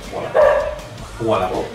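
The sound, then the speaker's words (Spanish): A dog barks twice, two loud, drawn-out, harmonically rich barks separated by a short pause, with a faint low hum underneath. “Efectivamente, no, claro que sí, ladra, hija.”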